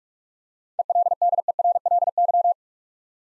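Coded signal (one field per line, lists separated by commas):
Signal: Morse code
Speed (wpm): 44 wpm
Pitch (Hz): 700 Hz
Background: none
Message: ELDERLY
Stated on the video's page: Morse drill of 7-letter words at 45 wpm, with the first three letters spoken beforehand.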